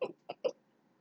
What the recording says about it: I swallowed loudly because the wine, it went down wrong. Is that what happens when it goes down the wrong hole? And it goes in your lungs? It's called aspirating.